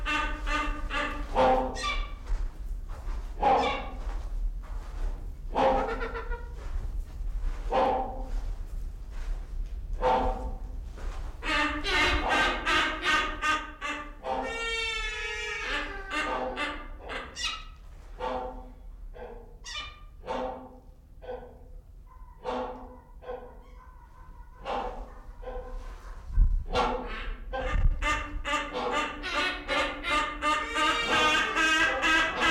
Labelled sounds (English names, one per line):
Great Hornbill